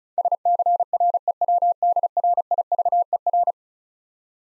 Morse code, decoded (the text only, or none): SCREWDRIVER